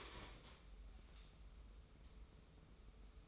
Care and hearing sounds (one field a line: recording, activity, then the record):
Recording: daily activity, microphone in the room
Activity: stand up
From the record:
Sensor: 1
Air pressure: 994.4 hPa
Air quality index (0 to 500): 220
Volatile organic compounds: 1000 ppm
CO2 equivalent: 7896 ppm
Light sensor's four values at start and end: 133/301/135/148 and 131/297/134/147